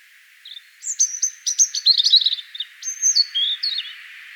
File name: Erithacus rubecula